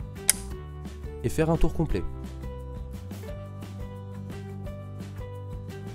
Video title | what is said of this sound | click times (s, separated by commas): Installer une motorisation à vérins Diagral | celles vers 1 jusqu'au clic et | 0.3 s